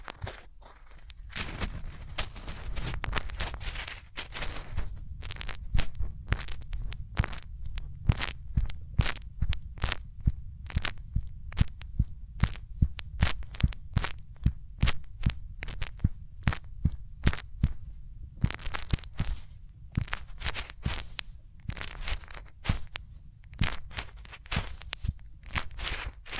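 Close-up rubbing of hands over the ears, heard as a fast, steady run of crackly, crunchy strokes, roughly two or three per second, for the whole clip. A low, muffled rumble sits underneath, and there is a short pause just before the 20-second mark.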